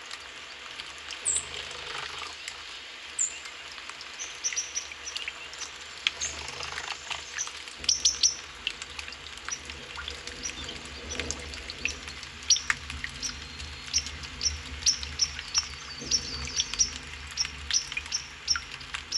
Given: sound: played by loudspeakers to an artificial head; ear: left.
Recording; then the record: nature sounds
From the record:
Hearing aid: class 1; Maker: E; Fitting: closed earmoulds, the maker's default for a moderate loss (N3)